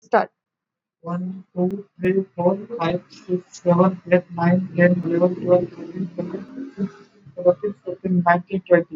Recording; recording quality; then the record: counting at a normal pace; excellent, no background noise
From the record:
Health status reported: exposed to COVID-19, no respiratory illness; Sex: male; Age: 24 years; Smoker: no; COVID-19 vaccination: both doses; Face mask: worn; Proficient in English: yes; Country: India